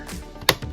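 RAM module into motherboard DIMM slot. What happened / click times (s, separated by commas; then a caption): The memory module's retention clip snapped shut / 0.5 s. A RAM module is pushed fully home into a motherboard DIMM slot, and its second plastic retention clip snaps shut with a single loud, sharp click at 0.5 s, with fainter knocks just before and after. The module is seated.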